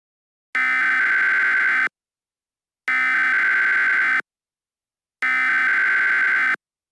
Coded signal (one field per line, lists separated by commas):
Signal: Emergency Alert System (SAME) tones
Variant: header bursts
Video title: Warden's Wrath: Part II: Infection | EAS Scenario #5